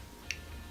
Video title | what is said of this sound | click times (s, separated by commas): ✨ Bottom Freezer Door Not Fully Closing — EASY FIX ✨ | i'm going to give it a little push to make sure i get the click on both sides | 0.3 s